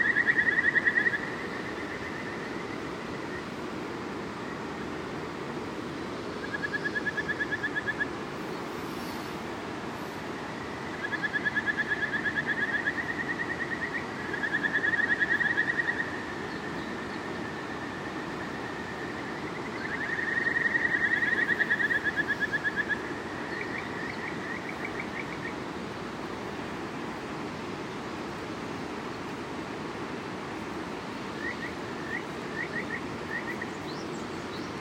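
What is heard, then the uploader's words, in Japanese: A riverside morning: the river rushes steadily while a bird repeats long, clear whistled calls every few seconds above it. 大分県玖珠町の三日月の滝温泉キャンプ場のリバーサイドの朝のBGMのみを配信します。心地よい川の流れと鳥のさえずり。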